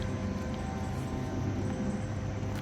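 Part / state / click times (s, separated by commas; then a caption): hedge trimmer head into cordless motor handle / not seated / none. A hedge trimmer head is angled into the bottom of a cordless motor handle and left to rest there, expected to snap into place. Only a steady low rumble with a faint hum runs throughout, with no sharp sounds. Nothing has clicked or seated yet.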